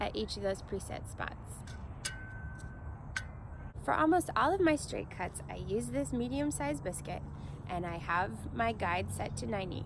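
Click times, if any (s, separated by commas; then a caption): 2.1 s, 3.2 s. The biscuit-size selector knob on a plate joiner is turned through its preset detents, starting from the 10 setting lined up with the red mark. It gives short plastic clicks at 2.1 s and 3.2 s as it clicks into place at each preset spot, while someone talks before and after.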